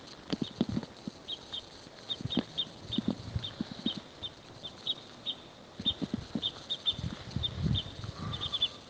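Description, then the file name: Parrot crossbill calls: short, sharp high chips repeated in loose bursts, pausing midway and resuming, over low knocking thuds. "kiefernkreuzschnabel"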